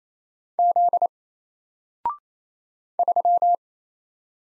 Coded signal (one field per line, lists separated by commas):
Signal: Morse code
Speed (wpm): 27 wpm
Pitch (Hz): 700 Hz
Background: none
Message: Z 3